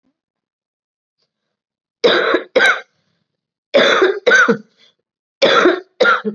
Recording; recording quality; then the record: heavy voluntary cough; excellent, no background noise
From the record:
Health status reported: COVID-19 positive, mild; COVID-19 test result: positive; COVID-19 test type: RT-PCR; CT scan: not taken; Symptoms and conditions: cough, fever, fatigue, muscle pain, diabetes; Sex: female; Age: 58 years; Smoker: no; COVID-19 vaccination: both doses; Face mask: worn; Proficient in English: yes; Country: India